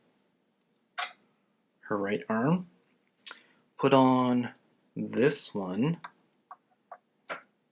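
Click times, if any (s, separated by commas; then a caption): 6.5 s, 6.9 s. Someone talks while fitting the replacement right arm of a Catwoman Premium Format Figure EX collectible statue into its shoulder socket, where it is held by a magnet. Two short, sharp clicks follow at about 6.5 s and 6.9 s as the arm snaps into place and seats.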